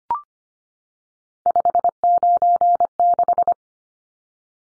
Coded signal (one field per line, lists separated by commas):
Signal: Morse code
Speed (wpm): 25 wpm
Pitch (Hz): 700 Hz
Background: none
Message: 596